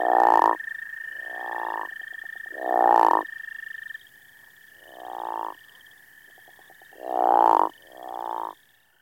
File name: crawfish frog